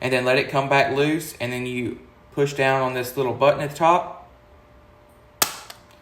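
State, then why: Seated. Someone talks, then presses the button on top of a spring-loaded Medtronic Mio Advanced insulin pump infusion set inserter held against the skin. A sharp click at 5.4 s fires the cannula into the skin, followed by a faint tick just after. The click confirms the cannula has been inserted.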